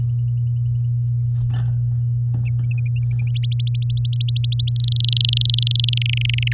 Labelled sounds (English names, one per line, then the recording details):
Domestic Canary song
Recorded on 6 May 2018 at 12:21
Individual llb16